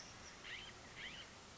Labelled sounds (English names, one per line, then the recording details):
California Scrub-Jay
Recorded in Sonoma County, California